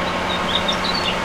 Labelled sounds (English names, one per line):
House Finch song